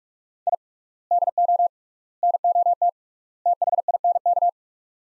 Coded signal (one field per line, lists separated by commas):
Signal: Morse code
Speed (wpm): 44 wpm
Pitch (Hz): 700 Hz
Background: none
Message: I DO NOT THINK